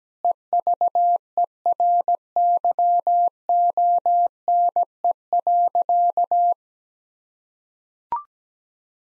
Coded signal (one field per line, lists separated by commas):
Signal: Morse code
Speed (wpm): 17 wpm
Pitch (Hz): 700 Hz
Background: none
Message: EVERYONE.